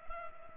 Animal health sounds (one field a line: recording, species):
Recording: mosquito wingbeat signal from an infrared sensor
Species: Culex pipiens